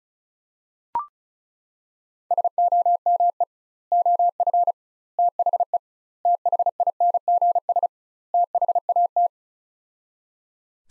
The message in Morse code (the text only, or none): SOME OF THE THINGS THAT